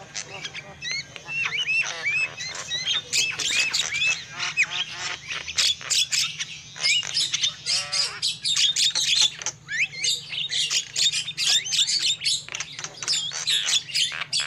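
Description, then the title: Lovebird calls open with a run of short rising chirps, then build into dense, shrill squawking chatter over a faint low hum. Lure call used for trapping lovebirds. "PIKAT BURUNG LOVEBIRD"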